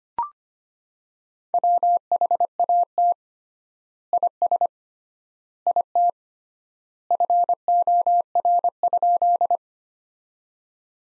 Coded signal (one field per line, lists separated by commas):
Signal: Morse code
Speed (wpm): 25 wpm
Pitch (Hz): 700 Hz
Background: none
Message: WHAT IS IT FOR?